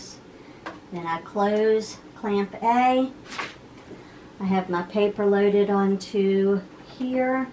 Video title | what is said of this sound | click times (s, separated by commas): Craft with me! | push it up on the machine and down on the pin until it clicks | 0.7 s